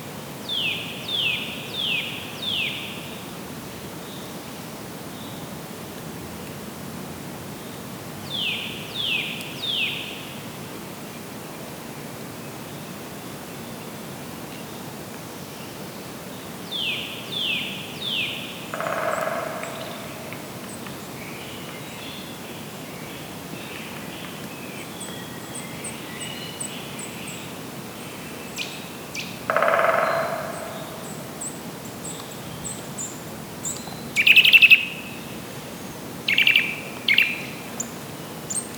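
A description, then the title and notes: Woodpeckers in the distance give short bursts of rapid chirps every several seconds over a steady hiss, with a few dull knocks and sharp ticks. Woodpeckers in the Distance.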